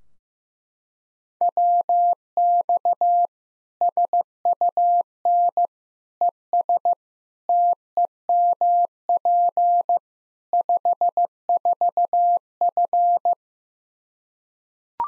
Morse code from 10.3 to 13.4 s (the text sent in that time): 54F